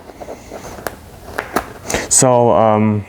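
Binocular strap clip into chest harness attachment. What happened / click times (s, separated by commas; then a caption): The plastic strap clip clicked into its attachment / 1.4 s. A binocular strap clip is pushed onto the attachment of a chest harness until it clicks into place. Several plastic clicks are heard, with the loudest sharp one at 1.4 seconds seating the clip, and unlike the open hook on the other side, this one has to click in. Afterward, someone talks.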